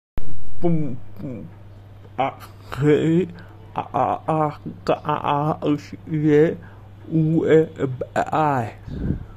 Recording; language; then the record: elicited speech; Bengali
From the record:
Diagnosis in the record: Broca's or global aphasia after a stroke